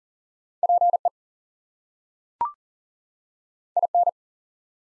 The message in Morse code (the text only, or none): PE IN